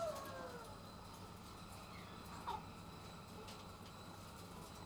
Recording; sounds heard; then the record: poultry house recording; sick chickens (respiratory disease)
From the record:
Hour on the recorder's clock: 12